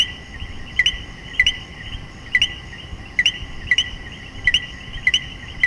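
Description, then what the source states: Common coquí repeating its two-part co-qui with an upward-sliding second note, irregular spacing, over a persistent high chorus. Puerto Rico.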